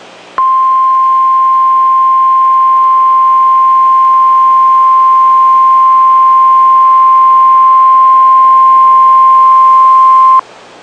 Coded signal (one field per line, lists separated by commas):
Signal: Emergency Alert System (SAME) tones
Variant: 1050 Hz attention tone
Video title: Real NOAA Weather Radio EAS Alert #89